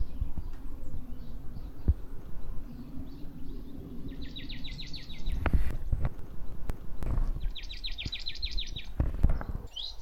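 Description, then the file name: Marsh tit calling twice: fast chains of high, rattling notes, with sharp clicks and a constant low background hum. "Poecile palustris"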